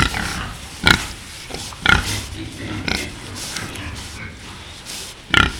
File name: Дикий-кабан